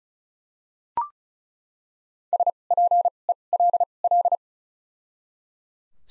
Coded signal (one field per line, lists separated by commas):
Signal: Morse code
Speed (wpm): 34 wpm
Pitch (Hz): 700 Hz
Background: none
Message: S P E L L